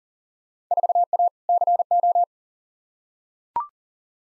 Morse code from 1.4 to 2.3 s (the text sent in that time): CO